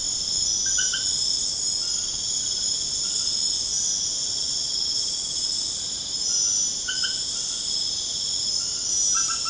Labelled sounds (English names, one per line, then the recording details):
none
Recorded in pastures near Puerto Asís, Putumayo, Colombia, on 29 June 2025 at 22:30
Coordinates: 0.496, -76.326
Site GP01